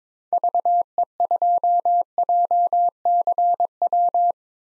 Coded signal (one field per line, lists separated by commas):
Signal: Morse code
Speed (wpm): 22 wpm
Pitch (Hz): 700 Hz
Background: none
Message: VE2JCW